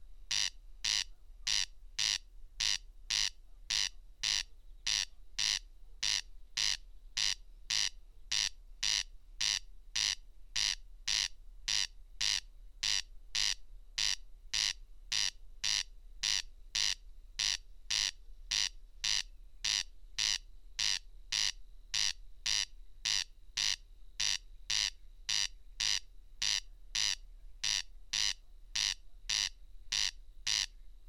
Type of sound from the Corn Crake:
song